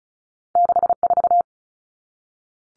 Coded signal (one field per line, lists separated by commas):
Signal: Morse code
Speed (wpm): 34 wpm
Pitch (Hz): 700 Hz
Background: none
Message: 64